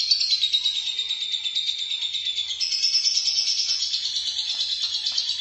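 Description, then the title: Lovebird song: unbroken high, buzzy chattering with fast, slightly uneven pulses, continuing throughout without a break. "BM Suara Burung Lovebird"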